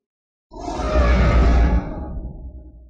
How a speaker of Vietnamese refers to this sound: Tiếng gầm thét trầm thấp như tiếng sấm, làm cho máu huyết trong cơ thể con người sôi trào cả lên.